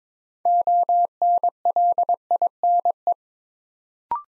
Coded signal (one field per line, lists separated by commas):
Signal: Morse code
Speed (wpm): 22 wpm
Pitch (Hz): 700 Hz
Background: none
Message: ONLINE